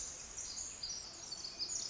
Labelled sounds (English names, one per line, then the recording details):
Pacific Wren
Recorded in Sonoma County, California